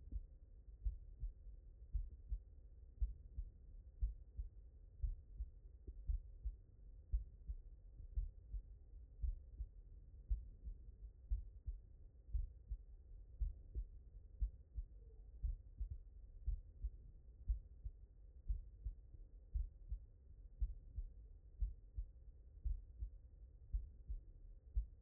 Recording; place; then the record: heart sounds by stethoscope; mitral valve (MV)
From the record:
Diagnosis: non-HFrEF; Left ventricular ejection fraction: 67%